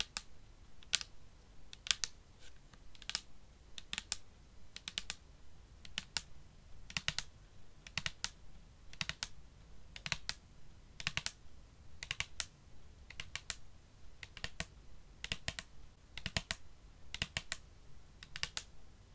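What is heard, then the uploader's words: Fingertips tap in quick clusters, sharp crisp clicks arriving in bursts of two to four, roughly once a second, throughout. The taps sound hard and bright like nails on a plastic surface, over a faint low hush. ASMR Tapping for Tingles & Relaxation ~ (No Talking).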